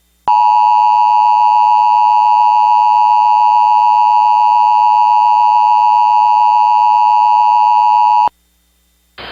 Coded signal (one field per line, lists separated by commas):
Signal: Emergency Alert System (SAME) tones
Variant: 853 and 960 Hz attention tone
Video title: (VALID TONES) EAS Recreation Mock - "The River Is Rising Quickly on a Gravel Road" (02/21/2011)